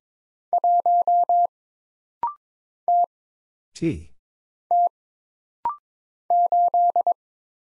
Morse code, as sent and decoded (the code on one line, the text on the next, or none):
.---- / - / - / ---..
1 T T 8